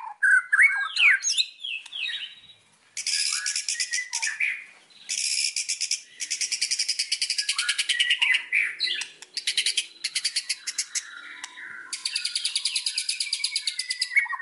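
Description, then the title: White-rumped shama mixing varied whistled phrases with long stretches of fast, dry, insect-like rattling trills, repeated in loud bursts with brief pauses. Song used as a lure to provoke a strong response; described as gacor, meaning singing loudly and continuously. "PANCINGAN MURAI BATU GACORSEKALI"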